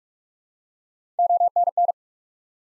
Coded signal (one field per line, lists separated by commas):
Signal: Morse code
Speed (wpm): 47 wpm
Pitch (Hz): 700 Hz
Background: none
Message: ONN